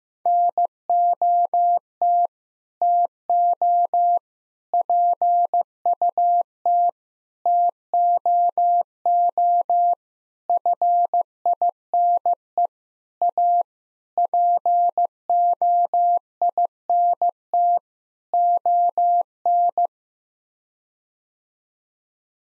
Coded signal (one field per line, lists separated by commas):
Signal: Morse code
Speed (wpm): 15 wpm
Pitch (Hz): 700 Hz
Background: none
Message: NOT TO PUT TOO FINE A POINT ON